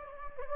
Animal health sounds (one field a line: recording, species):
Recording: mosquito wingbeat signal from an infrared sensor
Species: Anopheles gambiae